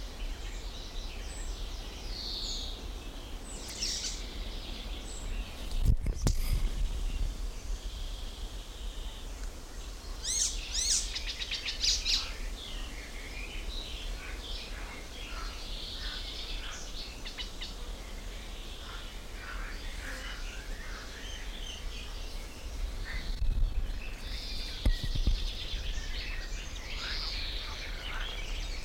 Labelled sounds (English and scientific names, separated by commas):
Icterine Warbler (Hippolais icterina)